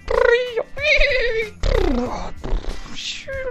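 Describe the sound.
A voice imitates birdsong and ocean waves as an impression of South America: loud, warbling vocal glides that swoop up and down in several bursts, followed by a breathy, hissing whoosh and a final rising chirp.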